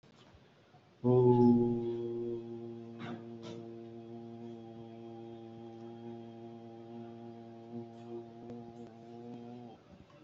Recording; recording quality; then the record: sustained vowel as in boot; excellent, no background noise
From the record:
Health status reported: respiratory illness, not identified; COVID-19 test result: negative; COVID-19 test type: RT-PCR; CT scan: taken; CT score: 2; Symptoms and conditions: cold, breathing difficulty, chronic lung disease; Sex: male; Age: 63 years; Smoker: no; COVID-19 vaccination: one dose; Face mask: worn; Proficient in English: yes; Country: India